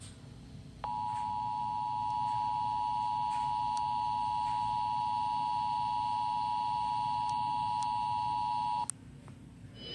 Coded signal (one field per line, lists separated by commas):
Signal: Emergency Alert System (SAME) tones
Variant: 853 and 960 Hz attention tone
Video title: REALChild Abduction Emergency,, State Of Texqw 8/24/2022 Emergency Alert System